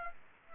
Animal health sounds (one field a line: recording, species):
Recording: mosquito wingbeat signal from an infrared sensor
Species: Culex pipiens